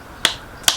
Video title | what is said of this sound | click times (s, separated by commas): Fitting A Solar Panel, Fuse And Isolation Switch To The Van Eps 6 The Ultimate Exterior Cleaning V | there we go two clicks then you know that's the right time is so that is the | 0.2 s, 0.7 s